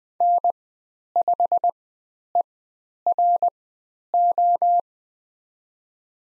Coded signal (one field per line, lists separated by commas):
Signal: Morse code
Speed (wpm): 20 wpm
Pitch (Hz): 700 Hz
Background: none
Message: N5ERO